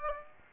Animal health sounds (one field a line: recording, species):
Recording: mosquito wingbeat signal from an infrared sensor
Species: Aedes aegypti